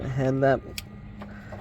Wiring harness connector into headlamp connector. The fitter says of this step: and it's going to be tricky cuz you could only really get one hand in here I got it I heard it